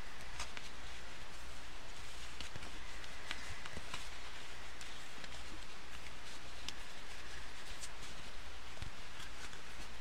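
Cards are handled and shuffled with a steady, dense rustle that stays level for the whole ten seconds. Short sharp taps and clicks break through every second or so, with a low constant hum underneath.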